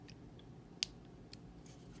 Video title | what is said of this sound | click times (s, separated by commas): Tambeyoda Reviews: Transformers Generations Selects Galactic Man Shockwave | so now those are clicked in | 0.8 s